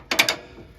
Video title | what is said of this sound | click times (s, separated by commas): John Deere 332, Getting Ready for Winter | lift up on the front of the snowblower and you should hear them snap into place | 0.1 s, 0.2 s, 0.3 s